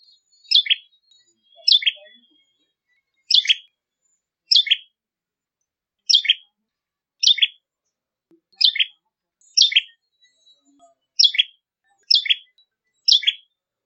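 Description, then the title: Bar-winged prinia song: short, sharp, high chipping notes repeated in a slow series with pauses between them. "Ciblek Kristal"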